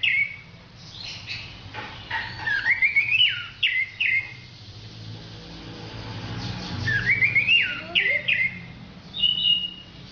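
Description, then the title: Orange-headed thrush song in two bursts of varied whistled and buzzy notes, with quieter gaps between, over a faint low hum. "Anis Merah"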